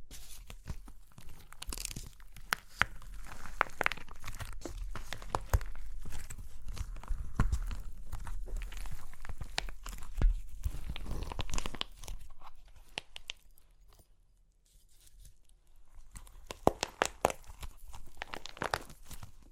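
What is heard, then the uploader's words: Crunchy clay cracking and crumbling in dense bursts of sharp, bright crackles and snaps, with a steady low rumble beneath. The crackling runs almost continuously for the first twelve seconds, thins to near silence around thirteen to fifteen seconds, then returns with scattered sharper cracks. Super Crunchy Clay Cracking (No Talking).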